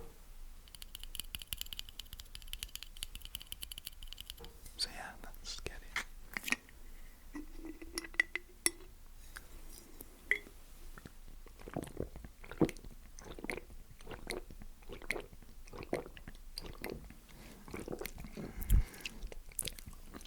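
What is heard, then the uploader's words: Eating sounds from a mukbang of a Zinger burger and bites: sharp crunchy bites and wet chewing clicks repeat every second or so, growing denser after the fifth second. A faint high whine sits under the opening seconds, and brief murmurs appear between bites. ASMR KFC MUKBANG Zinger Burger, BBQ Bites, Snack Box.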